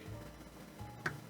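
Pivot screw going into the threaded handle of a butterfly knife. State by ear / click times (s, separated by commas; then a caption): seated / 1.1 s. A pivot screw is turned backwards to the left in the threaded handle of a balisong (butterfly knife) until its thread drops into the start of the mating thread. Faint low-level noise gives way to a single sharp click at 1.1 s. The screw is seated at the start of the thread, ready to screw in without cross-threading.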